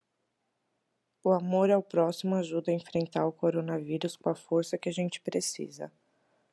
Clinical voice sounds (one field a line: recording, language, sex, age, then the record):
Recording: spoken sentence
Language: Brazilian Portuguese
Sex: female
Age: 20 to 29 years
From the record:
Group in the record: control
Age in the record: 27 years